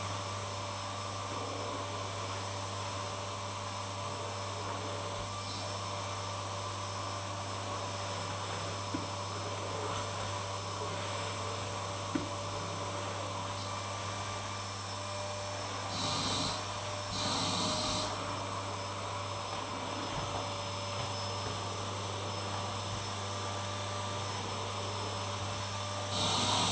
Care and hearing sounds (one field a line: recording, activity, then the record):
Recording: daily activity, microphone in the room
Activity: vacuum cleaning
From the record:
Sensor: 1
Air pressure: 1007.7 hPa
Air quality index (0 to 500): 78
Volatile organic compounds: 1 ppm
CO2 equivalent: 677 ppm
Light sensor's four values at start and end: 8/19/8/8 and 8/20/8/9